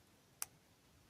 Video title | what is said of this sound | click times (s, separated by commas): GONA JEWELRY Unboxing and Review #GONAgonnabeyou | did you hear a little pop yeah so you can hear it pop open | 0.4 s